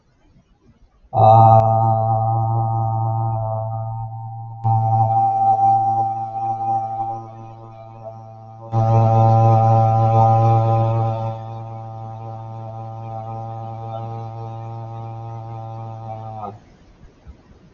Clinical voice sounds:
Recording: vowel held as long as possible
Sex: male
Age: 20 to 29 years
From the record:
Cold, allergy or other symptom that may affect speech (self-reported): no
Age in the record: 22 years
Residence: Florida, United States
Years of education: 15

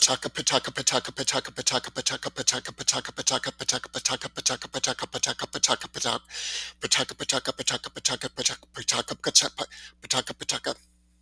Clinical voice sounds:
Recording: repeated syllables /pa ta ka/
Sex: male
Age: 40 to 49 years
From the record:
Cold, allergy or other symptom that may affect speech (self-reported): no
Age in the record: 47 years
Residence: Arizona, United States

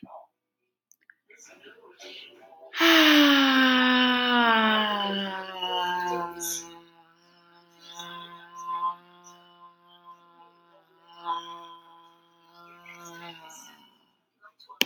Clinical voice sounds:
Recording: vowel held as long as possible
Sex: female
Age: 20 to 29 years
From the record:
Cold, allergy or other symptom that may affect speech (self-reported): no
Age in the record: 28 years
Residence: Minnesota, United States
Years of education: 18

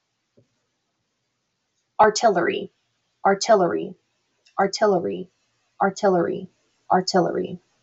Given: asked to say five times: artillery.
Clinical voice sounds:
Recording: repeated word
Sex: female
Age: 20 to 29 years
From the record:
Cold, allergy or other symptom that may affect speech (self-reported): no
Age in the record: 24 years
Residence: United States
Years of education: 13

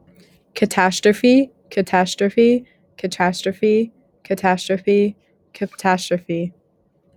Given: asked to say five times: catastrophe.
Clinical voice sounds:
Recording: repeated word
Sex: female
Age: 18 to 19 years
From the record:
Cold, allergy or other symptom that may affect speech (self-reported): no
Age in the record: 19 years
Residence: Kansas, United States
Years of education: 13

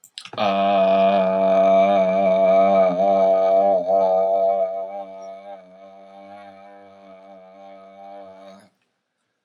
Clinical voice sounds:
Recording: vowel held as long as possible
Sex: male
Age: 30 to 39 years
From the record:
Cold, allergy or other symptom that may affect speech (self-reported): no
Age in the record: 30 years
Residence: Oregon, United States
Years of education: 16

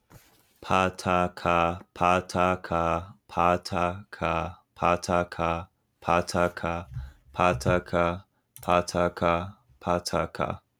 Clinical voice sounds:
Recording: repeated syllables /pa ta ka/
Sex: male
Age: 20 to 29 years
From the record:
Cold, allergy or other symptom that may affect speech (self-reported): no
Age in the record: 23 years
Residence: North Carolina, United States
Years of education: 13

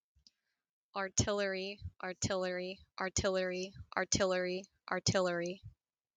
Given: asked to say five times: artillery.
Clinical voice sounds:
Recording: repeated word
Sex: female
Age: 20 to 29 years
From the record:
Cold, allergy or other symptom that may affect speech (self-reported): no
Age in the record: 23 years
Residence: Nebraska, United States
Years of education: 16

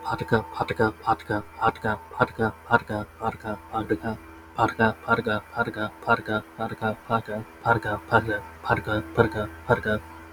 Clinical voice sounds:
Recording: repeated syllables /pa ta ka/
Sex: male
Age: 20 to 29 years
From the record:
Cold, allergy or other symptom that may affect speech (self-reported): no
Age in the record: 24 years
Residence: New York, United States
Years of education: 0

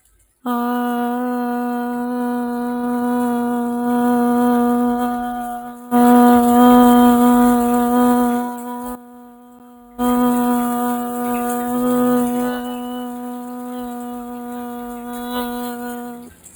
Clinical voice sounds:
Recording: vowel held as long as possible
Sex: female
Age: 30 to 39 years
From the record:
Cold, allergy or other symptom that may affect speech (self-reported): no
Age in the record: 35 years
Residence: California, United States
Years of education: 14

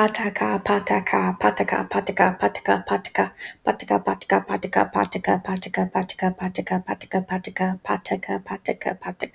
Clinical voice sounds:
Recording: repeated syllables /pa ta ka/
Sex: female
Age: 30 to 39 years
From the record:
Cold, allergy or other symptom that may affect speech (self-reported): no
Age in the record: 30 years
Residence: South Carolina, United States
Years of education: 16

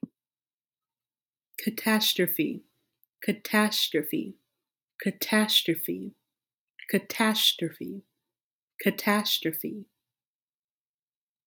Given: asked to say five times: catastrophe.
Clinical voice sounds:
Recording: repeated word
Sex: female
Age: 20 to 29 years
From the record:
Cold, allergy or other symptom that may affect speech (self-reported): no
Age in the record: 28 years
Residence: Texas, United States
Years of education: 17

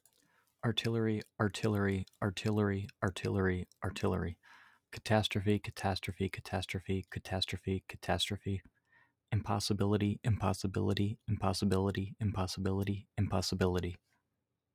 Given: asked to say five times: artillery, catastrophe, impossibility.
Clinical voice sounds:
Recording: three words, each repeated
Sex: male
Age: 30 to 39 years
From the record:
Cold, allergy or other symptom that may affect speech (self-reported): no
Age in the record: 34 years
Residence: Pennsylvania, United States

